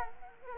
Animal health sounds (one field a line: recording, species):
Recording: mosquito wingbeat signal from an infrared sensor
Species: Culex quinquefasciatus